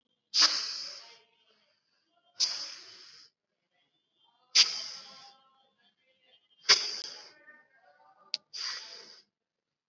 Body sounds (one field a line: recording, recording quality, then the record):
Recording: shallow breathing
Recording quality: excellent, no background noise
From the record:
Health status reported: COVID-19 positive, mild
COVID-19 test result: positive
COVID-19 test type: RT-PCR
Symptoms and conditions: cough, fever, fatigue, muscle pain, diabetes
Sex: female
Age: 36 years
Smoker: no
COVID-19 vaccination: both doses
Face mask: worn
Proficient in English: yes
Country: India